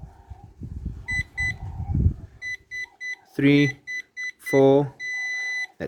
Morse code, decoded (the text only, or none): none